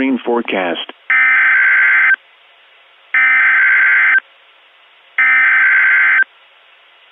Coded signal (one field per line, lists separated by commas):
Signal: Emergency Alert System (SAME) tones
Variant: header bursts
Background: speech